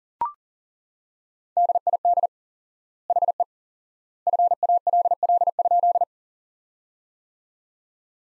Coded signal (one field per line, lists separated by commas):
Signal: Morse code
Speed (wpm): 40 wpm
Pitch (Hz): 700 Hz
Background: none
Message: DID HE FALL?